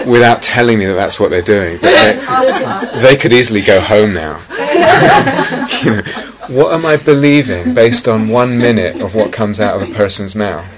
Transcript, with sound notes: without telling me that that's what they're doing." [laughter] "They could easily go home now." [laughter] What am I believing based on one minute of what comes out of a person's mouth?